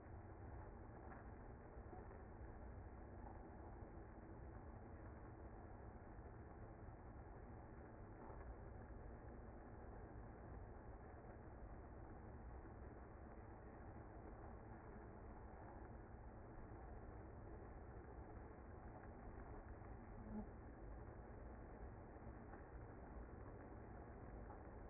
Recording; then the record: honeybee colony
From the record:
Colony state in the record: active